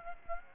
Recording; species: mosquito wingbeat signal from an infrared sensor; Aedes aegypti